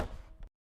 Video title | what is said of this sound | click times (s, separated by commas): AccuMesh ™ Positioning System In service Video | the frame is now locked in the closed position | 0.4 s